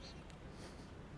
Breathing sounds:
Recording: one breath in and out by a microphone near the nose and mouth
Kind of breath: strong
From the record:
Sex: male

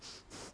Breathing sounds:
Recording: one breath in and out by a microphone near the nose and mouth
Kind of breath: strong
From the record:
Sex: male

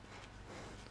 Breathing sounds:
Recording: one breath in and out by a microphone near the nose and mouth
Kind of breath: strong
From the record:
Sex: male

